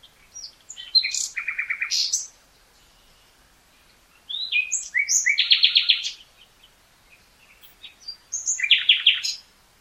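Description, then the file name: Common nightingale singing three phrases, each ending in a rapid, rattling series of repeated notes, separated by silent pauses. "Luscinia megarhynchos"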